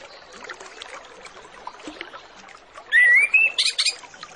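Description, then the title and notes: Orange-headed Thrush song: a loud rising whistled phrase followed by short slurred high notes near the end, over a busy background of faint chattering and hiss. Full song with varied filler phrases, played as a lure recording to prompt Orange-headed Thrushes to start singing quickly. "Masteran Anis Kembang Full Isian Untuk Suara Pancingan Anis Kembang Agar Cepat Ngeplong. Suara Burung Anis Kembang"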